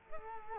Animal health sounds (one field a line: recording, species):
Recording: mosquito wingbeat signal from an infrared sensor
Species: Culex quinquefasciatus